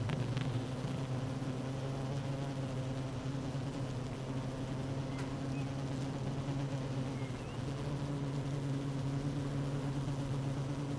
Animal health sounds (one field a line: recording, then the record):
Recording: honeybee colony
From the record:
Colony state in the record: active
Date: 12 June 2018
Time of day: 15:50